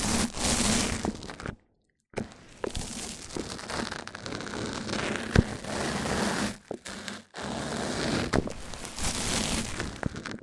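Mic-on-mic trigger sounds: dense, rich scratching and rubbing with crackly clicks and thunks, broken by brief silences near two and seven seconds.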